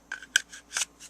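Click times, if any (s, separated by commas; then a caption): none. A polymer grip module is being slid back onto the frame and slide assembly of a Sig Pro pistol, producing a series of short plastic scrapes and clacks near 0.1, 0.4, 0.8 and 1.0 seconds, with the sharpest at 0.4 seconds. Nothing has seated or clicked into place yet.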